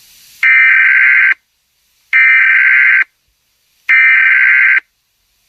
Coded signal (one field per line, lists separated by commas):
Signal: Emergency Alert System (SAME) tones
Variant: header bursts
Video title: EAS CHILD ABDUCTION EMERGENCY CANCELLATION 12/15/20